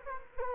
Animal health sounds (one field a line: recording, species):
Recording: mosquito wingbeat signal from an infrared sensor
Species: Culex quinquefasciatus